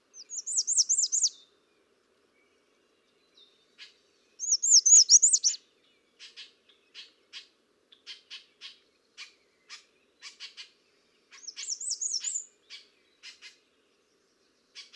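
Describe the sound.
American redstart song: three high wavering phrases, with scattered soft ticking chip notes filling the gaps between them.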